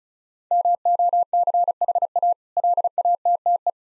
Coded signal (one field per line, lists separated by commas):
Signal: Morse code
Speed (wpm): 36 wpm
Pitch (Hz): 700 Hz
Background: none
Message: MOCHA LATTE